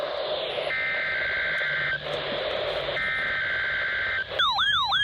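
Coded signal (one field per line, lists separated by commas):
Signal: Emergency Alert System (SAME) tones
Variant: header bursts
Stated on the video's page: Required Weekly Test SAME tones received on a weather radio.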